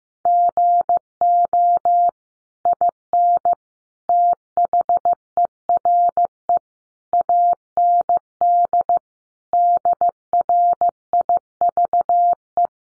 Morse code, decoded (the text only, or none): GO IN THERE AND DRIVE